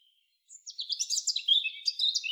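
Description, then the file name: European robin song: a thin high note, then a rapid tumbling run of sharp, high-pitched warbled notes jumping up and down for about two seconds, with nothing else heard. "Erithacus rubecula"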